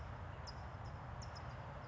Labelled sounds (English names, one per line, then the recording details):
California Towhee
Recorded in Sonoma County, California